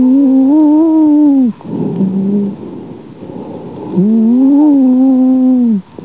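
Wheeze over an adult chest, heard with a stethoscope: two prolonged, low-pitched musical wheezes, each lasting about two seconds, separated by breath noise.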